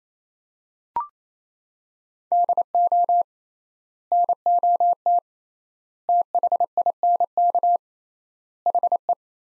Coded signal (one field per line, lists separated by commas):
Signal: Morse code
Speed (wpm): 28 wpm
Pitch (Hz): 700 Hz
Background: none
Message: DO NOT THINK HE